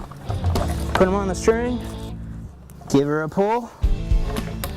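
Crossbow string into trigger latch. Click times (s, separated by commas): 4.6 s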